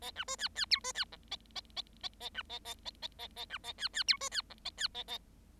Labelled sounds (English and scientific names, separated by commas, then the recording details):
Bengalese Finch (Lonchura striata domestica) song
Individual Bird7